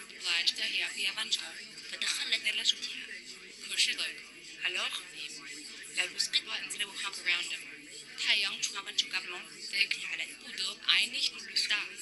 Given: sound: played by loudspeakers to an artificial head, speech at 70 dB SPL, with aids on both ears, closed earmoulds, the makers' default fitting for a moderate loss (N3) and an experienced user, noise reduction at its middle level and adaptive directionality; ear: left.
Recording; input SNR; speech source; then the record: speech test signal (ISTS) in cocktail-party noise; -3 dB; in front (0 degrees)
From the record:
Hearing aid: class 2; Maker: H